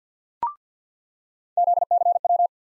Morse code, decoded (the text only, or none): ZCW